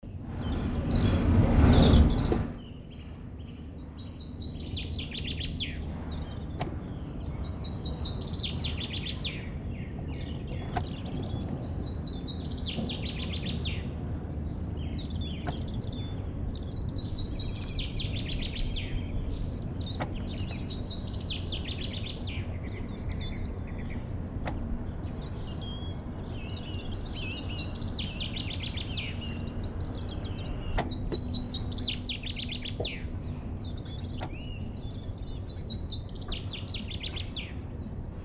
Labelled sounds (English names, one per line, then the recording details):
Common Chaffinch song
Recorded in the wild
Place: Hafling, Bozen, IT
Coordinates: 46.6544, 11.2206
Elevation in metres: 1377
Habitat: mountains
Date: 1981-03-27
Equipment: Uher 4000 Report, Sennheiser MKH 815 T
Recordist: Tretzel, Erwin